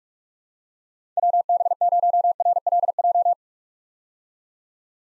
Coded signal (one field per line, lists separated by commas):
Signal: Morse code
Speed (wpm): 43 wpm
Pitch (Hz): 700 Hz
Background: none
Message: WB0RLJ